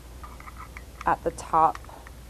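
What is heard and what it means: Vent clips are handled at the top opening on the back of a plastic phone holder cradle, with faint, light plastic ticks around 0.2 to 0.8 s and again near 2.1 s. Someone talks briefly in the middle. Nothing has seated or clicked yet.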